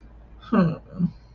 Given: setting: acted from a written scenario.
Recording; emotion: vocal sound without words; guilt